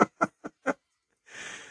That was an old man cough.